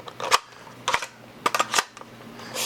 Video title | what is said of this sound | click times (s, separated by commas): Unboxing and Review: 40Max 18 Round Universal Nightingale Magazine #nerf #toys #40max #foamflinging | It's a little weird getting it in there, but it does lock into place. | 1.5 s